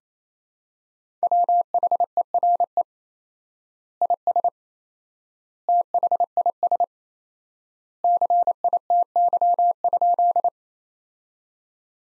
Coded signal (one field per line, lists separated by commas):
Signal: Morse code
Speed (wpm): 28 wpm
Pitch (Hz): 700 Hz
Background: none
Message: WHERE IS THIS CITY?